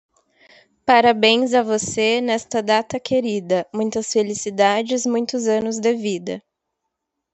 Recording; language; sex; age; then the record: short text; Brazilian Portuguese; female; 20 to 29 years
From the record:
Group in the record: control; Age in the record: 22 years